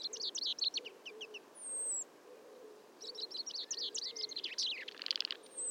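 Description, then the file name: Common chaffinch singing two rattling, descending phrases a few seconds apart, the second ending in a buzzy flourish; a thin high whistle sounds between them. "Fringilla coelebs"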